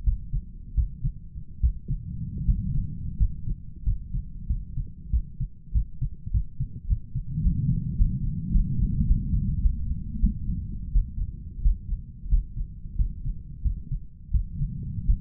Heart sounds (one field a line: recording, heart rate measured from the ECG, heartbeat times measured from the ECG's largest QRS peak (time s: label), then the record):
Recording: heart sounds by stethoscope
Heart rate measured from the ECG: 92 bpm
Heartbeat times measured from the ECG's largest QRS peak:
0.04 s: heartbeat
0.75 s: heartbeat
1.61 s: heartbeat
2.46 s: heartbeat
3.18 s: heartbeat
3.84 s: heartbeat
4.47 s: heartbeat
5.11 s: heartbeat
5.73 s: heartbeat
6.32 s: heartbeat
6.88 s: heartbeat
7.43 s: heartbeat
7.97 s: heartbeat
8.52 s: heartbeat
9.06 s: heartbeat
9.61 s: heartbeat
10.19 s: heartbeat
10.92 s: heartbeat
11.62 s: heartbeat
12.29 s: heartbeat
12.96 s: heartbeat
13.62 s: heartbeat
14.31 s: heartbeat
15.05 s: heartbeat
From the record:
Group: healthy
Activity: rest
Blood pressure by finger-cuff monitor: 113/56 mmHg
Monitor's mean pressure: 72 mmHg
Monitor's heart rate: 90 bpm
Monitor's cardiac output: 8.9 L/min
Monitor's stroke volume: 99 mL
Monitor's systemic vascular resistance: 580 dyn s/cm5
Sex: male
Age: 23 years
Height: 179 cm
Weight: 87 kg